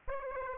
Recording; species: mosquito wingbeat signal from an infrared sensor; Aedes aegypti